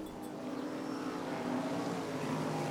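A steady, droning roar of motorboat engines on a bay, with a low humming tone that holds level throughout and a slight rising whine, with no talking.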